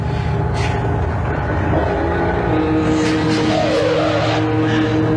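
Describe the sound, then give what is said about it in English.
A car speeds through traffic, its engine roaring steadily and loudly throughout, with brief whooshes and a wavering tone midway as other vehicles seem to rush past. “Hey, slow down. We'll get there.”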